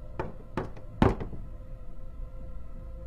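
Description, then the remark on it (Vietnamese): Three sharp knocks on a door at 1 a.m., spaced irregularly, the third loudest, followed by quiet background hum. “Thời gian lặng lẽ trôi, bỗng nhiên có tiếng gõ cửa làm tôi giật mình.”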